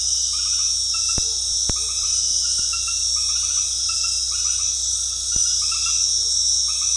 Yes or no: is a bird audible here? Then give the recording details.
no. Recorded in dense forest near Puerto Asís, Putumayo, Colombia, on 19 February 2024 at 20:30. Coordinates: 0.485, -76.322. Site G6406